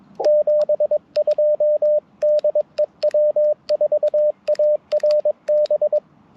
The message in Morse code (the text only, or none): 72 DE W4ARB